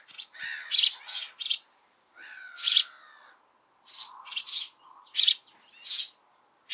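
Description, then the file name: House sparrow giving loud chirps in irregular bursts, mixed with lower buzzy twittering and a few soft chattering notes. "Passer domesticus"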